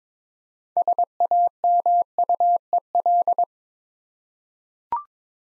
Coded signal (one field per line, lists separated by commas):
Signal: Morse code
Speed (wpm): 22 wpm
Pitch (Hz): 700 Hz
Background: none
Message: SAMUEL